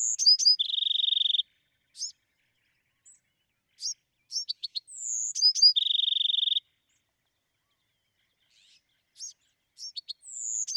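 Bewick's wren song: a high thin note then a long flat buzzy trill, spaced chips, and the trilled phrase repeated about every five seconds.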